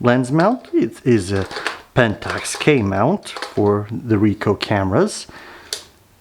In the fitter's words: You turn it clockwise until you hear a click and it's on nice and secure.